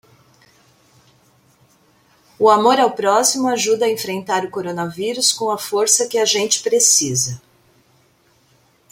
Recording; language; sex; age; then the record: spoken sentence; Brazilian Portuguese; female; 50 to 59 years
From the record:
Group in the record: control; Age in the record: 55 years